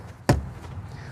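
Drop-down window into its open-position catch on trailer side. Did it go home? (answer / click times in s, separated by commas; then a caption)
yes / 0.3 s. An opened drop-down window on the side of a 2025 Cimarron Norstar 3 Horse Gooseneck trailer is pushed down into its open-position retaining catch so it won't flap in the wind while driving. A single sharp, loud pop rings out at 0.3 s and quickly fades back to low background noise. The window seats in its retainer.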